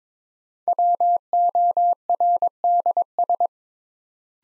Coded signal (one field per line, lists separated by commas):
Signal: Morse code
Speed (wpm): 22 wpm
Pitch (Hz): 700 Hz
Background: none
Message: WORDS